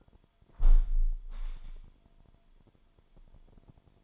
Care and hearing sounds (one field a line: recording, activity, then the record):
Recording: daily activity, microphone in the room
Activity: close window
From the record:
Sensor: 5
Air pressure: 998.1 hPa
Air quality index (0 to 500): 99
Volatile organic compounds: 2 ppm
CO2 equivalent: 1138 ppm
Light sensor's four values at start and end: 27/66/27/30 and 27/66/27/30